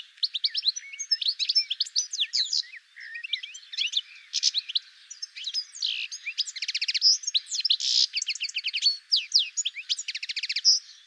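Bird delivering an extended, busy song of crisp chirps, buzzy rattles and rapid trilled runs, barely pausing across the whole stretch.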